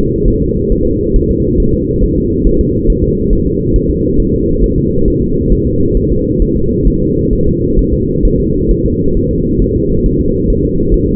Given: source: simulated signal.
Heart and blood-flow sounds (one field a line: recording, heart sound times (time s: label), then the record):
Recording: fetal heart sounds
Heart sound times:
0.28 s: S1
0.42 s: S2
0.72 s: S1
0.87 s: S2
1.16 s: S1
1.31 s: S2
1.60 s: S1
1.74 s: S2
2.03 s: S1
2.18 s: S2
2.47 s: S1
2.61 s: S2
2.90 s: S1
3.04 s: S2
3.33 s: S1
3.47 s: S2
3.76 s: S1
3.91 s: S2
4.20 s: S1
4.34 s: S2
4.64 s: S1
4.78 s: S2
5.08 s: S1
5.22 s: S2
5.52 s: S1
5.67 s: S2
5.97 s: S1
6.12 s: S2
6.42 s: S1
6.56 s: S2
6.88 s: S1
7.02 s: S2
7.33 s: S1
7.47 s: S2
7.79 s: S1
7.94 s: S2
8.25 s: S1
8.40 s: S2
8.71 s: S1
8.86 s: S2
9.17 s: S1
9.31 s: S2
9.62 s: S1
9.76 s: S2
10.06 s: S1
10.21 s: S2
10.50 s: S1
10.65 s: S2
10.94 s: S1
11.09 s: S2
From the record:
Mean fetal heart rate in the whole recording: 135 bpm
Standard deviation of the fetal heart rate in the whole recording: 3 bpm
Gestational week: 36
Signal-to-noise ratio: -15.3 dB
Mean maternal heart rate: 72 bpm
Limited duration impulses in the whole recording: present